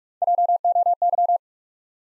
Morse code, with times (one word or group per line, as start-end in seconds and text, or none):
0.2-0.6 J
0.6-0.9 O
1.0-1.4 Y